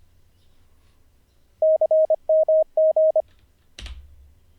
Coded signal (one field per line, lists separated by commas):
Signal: Morse code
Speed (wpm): 25 wpm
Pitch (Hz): 630 Hz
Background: none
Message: CMG